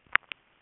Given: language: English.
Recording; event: throat vibration sensor signal played as sound; swallow